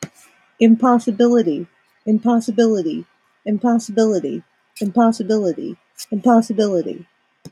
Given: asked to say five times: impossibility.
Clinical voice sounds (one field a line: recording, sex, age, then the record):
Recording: repeated word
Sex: female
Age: 40 to 49 years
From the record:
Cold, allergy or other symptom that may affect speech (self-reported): no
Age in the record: 44 years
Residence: Illinois, United States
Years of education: 12